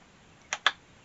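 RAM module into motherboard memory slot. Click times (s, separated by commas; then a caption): 0.5 s, 0.7 s. A RAM memory module, one of a matched pair from the same kit, is pressed down into a motherboard DIMM slot until the slot's retention latch clicks shut. Two sharp clicks are heard at 0.5 s and 0.7 s, the second louder, against a quiet background. The module is seated in the slot.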